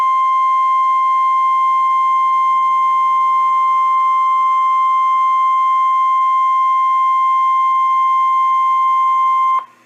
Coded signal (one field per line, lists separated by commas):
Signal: Emergency Alert System (SAME) tones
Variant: 1050 Hz attention tone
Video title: EAS #282 - Severe Thunderstorm Warning (Live Stream) 4-27-2014